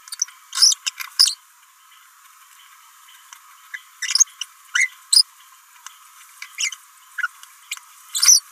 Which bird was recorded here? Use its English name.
Green-rumped Parrotlet